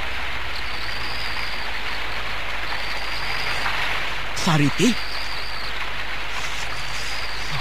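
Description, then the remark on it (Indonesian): Heavy rain pours at the mouth of a cave in a dense, steady hiss from start to finish, with howling wind and a low constant rumble underneath, and a single voice briefly calls out partway through. “Seluruh tubuhnya telah dibasahi oleh hujan yang turun dengan derasnya.”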